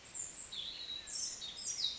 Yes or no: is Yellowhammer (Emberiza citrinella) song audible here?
no